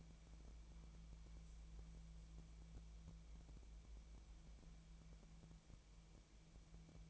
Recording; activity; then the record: daily activity, microphone in the room; wipe stove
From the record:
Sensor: 1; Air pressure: 1000.5 hPa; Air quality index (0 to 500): 181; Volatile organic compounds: 4 ppm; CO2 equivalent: 1665 ppm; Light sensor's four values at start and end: 12/28/11/13 and 12/28/11/13